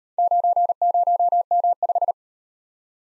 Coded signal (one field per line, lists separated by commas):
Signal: Morse code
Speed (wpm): 36 wpm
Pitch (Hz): 700 Hz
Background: none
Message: 90M5